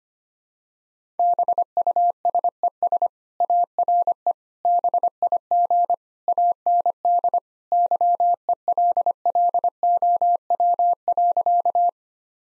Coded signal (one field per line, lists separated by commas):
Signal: Morse code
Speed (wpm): 25 wpm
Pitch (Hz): 700 Hz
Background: none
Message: BUSES ARE BIG AND YELLOW.